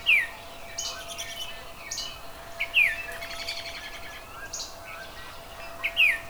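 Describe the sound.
Oriole song: short, clear whistled notes slurring downward, given at the start, near three seconds and near six seconds, with thin chattering sounds higher up.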